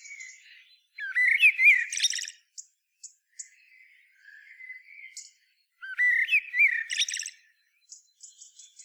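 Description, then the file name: Common blackbird singing two phrases several seconds apart, mellow whistled notes running into shrill chattering twitters, with faint subdued warbles and high ticks between them. "Turdus merula"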